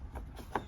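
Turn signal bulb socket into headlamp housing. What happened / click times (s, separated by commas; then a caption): The plastic socket twisted home and seated in its housing / 0.6 s. A plastic turn signal bulb socket holding a new bulb is twisted into the front turn signal housing of a 2019–2025 Toyota RAV4, with no tools. A faint tick is heard at about 0.2 s, then a sharp, louder click at 0.6 s as the socket twists home and is fully seated.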